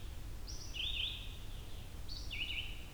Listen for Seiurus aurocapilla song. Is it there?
no